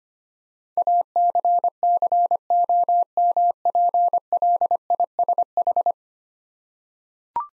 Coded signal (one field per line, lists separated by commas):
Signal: Morse code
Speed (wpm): 25 wpm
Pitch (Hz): 700 Hz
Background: none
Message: ACCOMPLISH